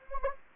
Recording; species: mosquito wingbeat signal from an infrared sensor; Anopheles gambiae